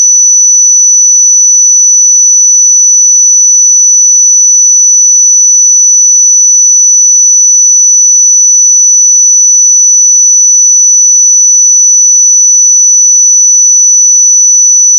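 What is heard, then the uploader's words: A pure sine tone at 5959 Hz holds perfectly steady for the whole fifteen seconds, a single thin, high whistle with no wavering. Loudness stays constant throughout, and nothing else can be heard beneath or around it. 5959 Hz 1 Hz Interval Sine Pure Tone Frequency 441000 Sample Mono.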